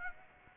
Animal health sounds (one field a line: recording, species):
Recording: mosquito wingbeat signal from an infrared sensor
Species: Aedes aegypti